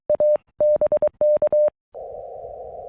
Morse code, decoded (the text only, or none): A BK